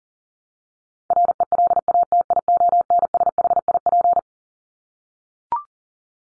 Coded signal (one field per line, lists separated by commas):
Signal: Morse code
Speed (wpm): 40 wpm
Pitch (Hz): 700 Hz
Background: none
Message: RELATIONSHIP